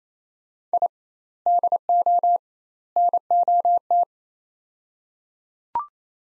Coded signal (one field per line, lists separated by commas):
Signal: Morse code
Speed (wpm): 28 wpm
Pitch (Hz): 700 Hz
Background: none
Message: I DO NOT